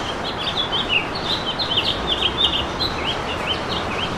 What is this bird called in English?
House Finch